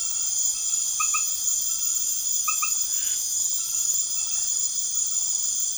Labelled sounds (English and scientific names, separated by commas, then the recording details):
none
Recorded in secondary vegetation near Puerto Asís, Putumayo, Colombia, on 12 March 2025 at 22:30
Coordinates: 0.489, -76.322
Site G042